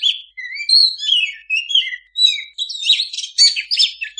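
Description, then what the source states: Oriental magpie-robin singing a fast medley of clear rising and falling whistles, ending in denser scratchy chattering notes. Singing kacer in lively gacor song, a master recording for owners of kacer that do not sing.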